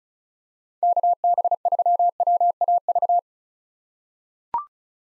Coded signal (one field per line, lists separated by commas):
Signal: Morse code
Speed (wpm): 36 wpm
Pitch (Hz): 700 Hz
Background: none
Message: KB3WAV